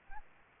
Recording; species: mosquito wingbeat signal from an infrared sensor; Aedes albopictus